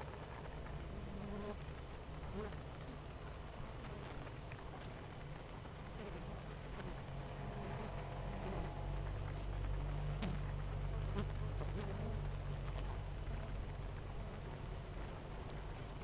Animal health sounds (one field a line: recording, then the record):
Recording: honeybee colony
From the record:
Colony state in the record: missing queen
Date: 14 July 2017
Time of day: 8:34